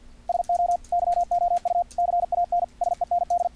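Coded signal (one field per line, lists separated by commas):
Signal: Morse code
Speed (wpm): 50 wpm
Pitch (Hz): 700 Hz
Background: radio noise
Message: SO YOU CAN SEND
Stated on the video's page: Morse audio tones generated on a computer by software keyer programs, keyed with paddles or keys via serial or USB serial port, or mouse buttons.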